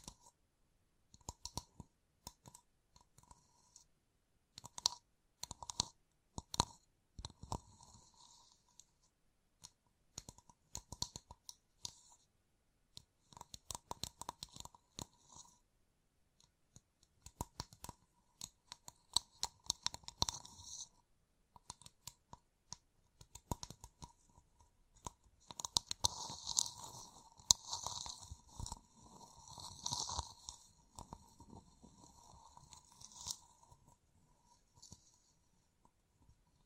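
Gem-covered fingertips tap and scratch in quick bursts of bright clicks, with short pauses every few seconds. From about 25 seconds the activity thickens into denser scratching and clicking, then thins out again toward the end.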